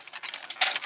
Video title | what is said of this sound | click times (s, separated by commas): Go-Busters DX TATEGAMI LIOH: EmGo's Super Sentai Reviews N' Stuff | click into place which sometimes can be a bit of a pain in the butt to do come on | 0.3 s